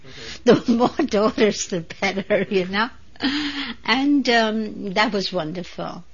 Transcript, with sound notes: The more daughters the better, you know. (She laughs) And that was wonderful.